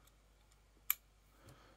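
The spring collar of a Rolson quick-change magnetic bit holder is released and snaps back with a loud, sharp click at 0.9 s, locking the hex bit in. Two faint ticks come before it, and a soft rustle follows. The bit is held fast and does not come out.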